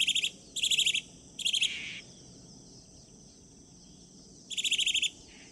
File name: Canto-do-Sabiá-do-Campo